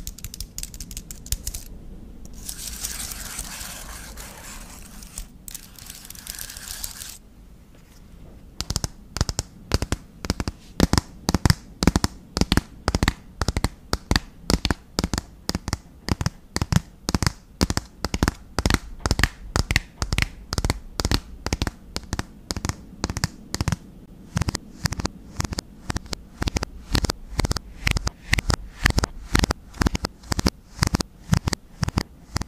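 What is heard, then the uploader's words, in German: Tapping on objects starts with soft rustling and scraping, then after eight seconds becomes fast, regular taps that continue steadily to the end. Tapping auf verschiedenen Gegenständen.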